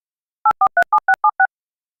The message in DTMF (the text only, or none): 8437676